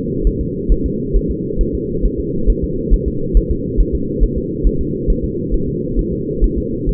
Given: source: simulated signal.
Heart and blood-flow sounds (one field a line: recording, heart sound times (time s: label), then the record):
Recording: fetal heart sounds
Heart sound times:
0.27 s: S1
0.41 s: S2
0.72 s: S1
0.86 s: S2
1.16 s: S1
1.31 s: S2
1.61 s: S1
1.75 s: S2
2.05 s: S1
2.20 s: S2
2.50 s: S1
2.64 s: S2
2.94 s: S1
3.08 s: S2
3.37 s: S1
3.51 s: S2
3.80 s: S1
3.95 s: S2
4.24 s: S1
4.38 s: S2
4.67 s: S1
4.81 s: S2
5.10 s: S1
5.24 s: S2
5.54 s: S1
5.68 s: S2
5.99 s: S1
6.13 s: S2
6.44 s: S1
6.58 s: S2
6.89 s: S1
From the record:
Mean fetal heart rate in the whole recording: 135 bpm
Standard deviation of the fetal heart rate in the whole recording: 3 bpm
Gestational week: 36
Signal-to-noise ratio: -6.6 dB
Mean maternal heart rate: 72 bpm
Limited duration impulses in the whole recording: present